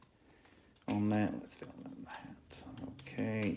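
A plastic door for a WPL-C34 RC crawler body is handled and lined up to be pressed onto the body while someone talks. Only a few faint handling ticks are heard, and nothing has seated or clicked yet.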